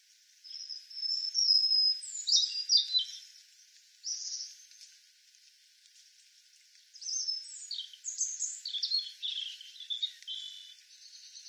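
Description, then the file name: European robin song, high thin warbling phrases of sliding whistles and trills, in several bursts separated by quiet pauses. "Erithacus rubecula"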